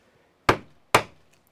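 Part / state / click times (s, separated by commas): nut into 3D-printed mechanism part / seated / 0.5 s, 0.9 s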